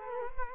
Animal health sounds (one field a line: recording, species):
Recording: mosquito wingbeat signal from an infrared sensor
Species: Culex quinquefasciatus